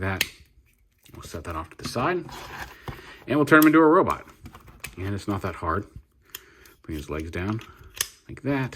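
Someone talks while handling a plastic transforming action figure, setting a piece aside and bringing its legs down to turn it into a robot, with a few brief handling taps between the words. The leg joint of the plastic transforming action figure has not yet snapped into place; nothing has seated or clicked yet.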